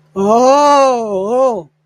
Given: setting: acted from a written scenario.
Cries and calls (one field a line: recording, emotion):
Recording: vocal sound without words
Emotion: fear